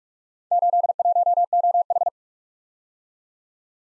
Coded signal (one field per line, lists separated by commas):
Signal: Morse code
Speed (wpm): 46 wpm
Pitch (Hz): 700 Hz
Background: none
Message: 81OH